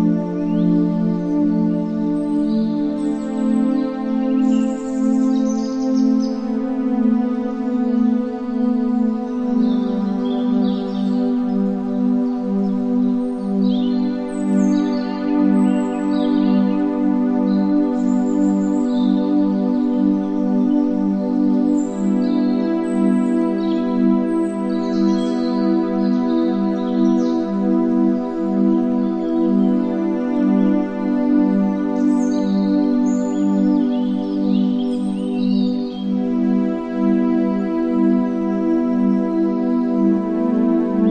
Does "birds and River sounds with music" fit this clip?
yes